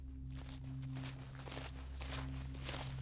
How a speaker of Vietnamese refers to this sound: Rồi đột nhiên ông nghe có tiếng người đi sột soạt ở ngoài kia.